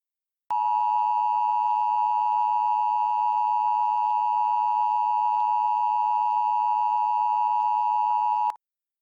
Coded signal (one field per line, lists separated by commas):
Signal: Emergency Alert System (SAME) tones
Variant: 853 and 960 Hz attention tone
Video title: The Asheville Inferno - EAS Scenario #2